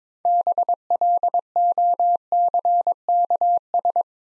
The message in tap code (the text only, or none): none